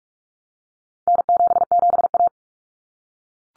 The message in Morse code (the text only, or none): N77A